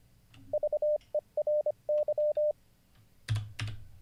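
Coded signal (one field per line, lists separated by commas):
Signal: Morse code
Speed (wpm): 25 wpm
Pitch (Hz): 600 Hz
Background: none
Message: VERY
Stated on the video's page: Morse code learning livestream lesson.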